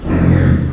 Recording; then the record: squeal of a Yucatan mini pig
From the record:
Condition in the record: after surgery on the right vocal fold (resection and tissue-engineered implant); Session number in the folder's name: 7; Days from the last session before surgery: 47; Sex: female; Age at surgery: 19 weeks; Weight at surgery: 25 kg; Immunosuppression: prednisolone